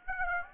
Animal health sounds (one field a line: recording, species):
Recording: mosquito wingbeat signal from an infrared sensor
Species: Aedes aegypti